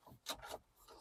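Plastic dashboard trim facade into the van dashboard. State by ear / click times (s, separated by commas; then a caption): not seated / none. A plastic dashboard trim facade is handled against the dashboard of a Volkswagen T5 van as it is fitted back in place after a new car radio is installed. Brief rubbing and scraping bursts of plastic on plastic are heard, loudest between about 0.3 and 0.6 seconds. Nothing has clipped in or seated yet.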